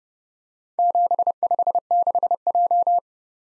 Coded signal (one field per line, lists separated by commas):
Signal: Morse code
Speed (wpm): 30 wpm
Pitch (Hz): 700 Hz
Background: none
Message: 756J